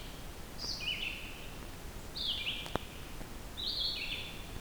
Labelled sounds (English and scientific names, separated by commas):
Red-eyed Vireo (Vireo olivaceus) song